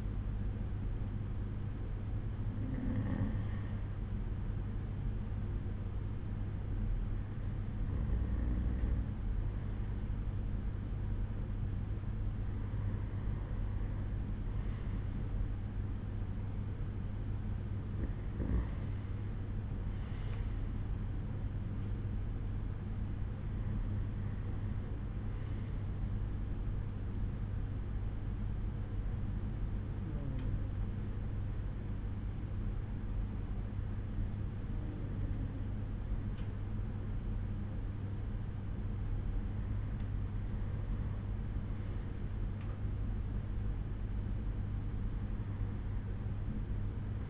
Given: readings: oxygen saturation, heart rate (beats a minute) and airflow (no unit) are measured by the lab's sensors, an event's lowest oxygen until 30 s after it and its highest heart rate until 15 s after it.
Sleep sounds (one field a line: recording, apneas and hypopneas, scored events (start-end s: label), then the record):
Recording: breathing in sleep by a smartphone at the bedside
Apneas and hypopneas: none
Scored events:
none scored
From the record:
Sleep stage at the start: REM sleep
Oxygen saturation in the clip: 93 to 95%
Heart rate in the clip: 60 to 70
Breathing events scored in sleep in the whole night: 187 in 7.2 hours asleep